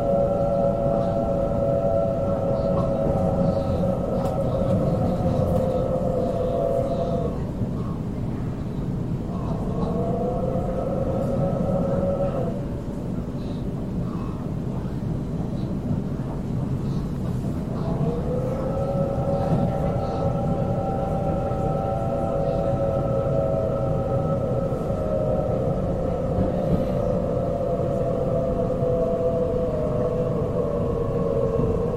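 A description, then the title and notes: A Sydney train rolls along with a constant low rumble and rattle beneath a steady, whining tone. The whine drops out and glides back in around 8 and 12 seconds, disappears between about 13 and 17 seconds, then returns and slowly sinks in pitch. Faint clicks and knocks sound throughout. シドニー市内へ向かう電車の音. 今回も最新版をPCM録音ステレオでお送りします. Sound of Sydney Train.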